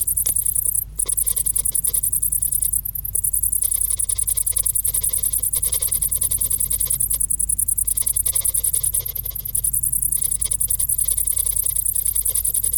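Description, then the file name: Cricket trilling, a thin very high pulsed tone sustained throughout, with a steady low hum below and occasional faint clicks. "Grillen"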